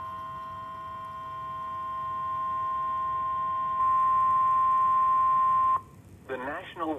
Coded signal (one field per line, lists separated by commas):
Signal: Emergency Alert System (SAME) tones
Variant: 1050 Hz attention tone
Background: speech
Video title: EAS #1,290-1,291 (DOUBLE-HEADER) Online NOAA Weather Radio SVR #5/SMW (Both from CRP) 5/13/24